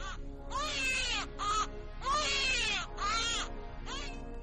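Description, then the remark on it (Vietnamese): A baby-like wail from a toy doll in a silent space, rising and falling in several strained, high-pitched bursts with short gaps between, loud and alone over a faint steady hum. “Vũ cầm lên xem thử một con, chớp mắt nó phát ra tiếng trẻ con khóc oe oe ở giữa không gian tĩnh lặng, làm cho Vũ giật mình.”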